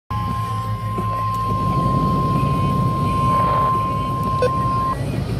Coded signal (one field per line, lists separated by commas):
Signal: Emergency Alert System (SAME) tones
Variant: 1050 Hz attention tone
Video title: EAS/NWR Alert or message #515: Areal Flood Warning in a car